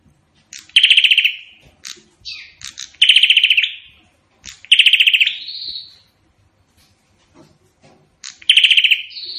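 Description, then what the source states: Prinia singing fast rattling trills, each followed by a fading buzzy tail, repeated at irregular intervals with sharp clicks before phrases. Singing actively; song likened to gunfire.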